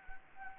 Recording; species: mosquito wingbeat signal from an infrared sensor; Anopheles gambiae